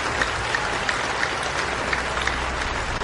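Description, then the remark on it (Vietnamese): Dense, steady applause from many hands fills the whole stretch at an even moderate level, with faint rhythmic accents every half second or so, then drops off suddenly right at the end. “Cuối cùng, tiếng vỗ tay đột ngột ngừng bặt.”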